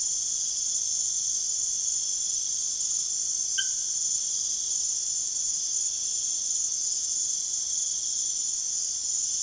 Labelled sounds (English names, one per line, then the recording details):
none
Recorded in secondary vegetation near Puerto Asís, Putumayo, Colombia, on 24 June 2025 at 00:00
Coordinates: 0.489, -76.322
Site G021